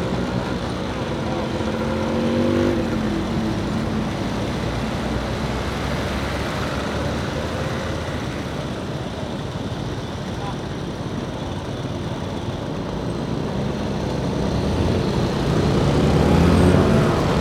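Scooters run along a street under a constant, dense traffic rumble that stays heavy in the low end. A passing engine whines briefly around two to three seconds, and the noise swells again near the end as another vehicle draws past.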